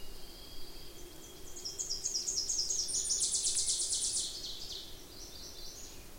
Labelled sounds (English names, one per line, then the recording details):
Ovenbird song
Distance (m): 65 m
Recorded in boreal forest in Alberta, Canada, on 26 May 2016 at 08:56
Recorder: SongMeter 3, array SBT-3-15
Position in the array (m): 56 m, 216 m
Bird 20